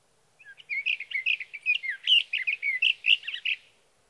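Sage thrasher singing one continuous, jumbled warble of quick, varied whistled notes for about three seconds, steady in loudness, against a quiet background.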